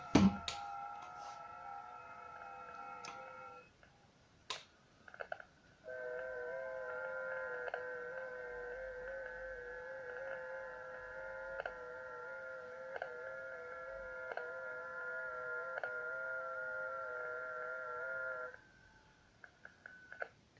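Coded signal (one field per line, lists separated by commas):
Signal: FT8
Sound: a steady warbling tone with buzzy overtones lasting about thirteen seconds, with a few clicks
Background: small room, clicks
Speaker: італьянсь станція нажимаємо і кол чекаємо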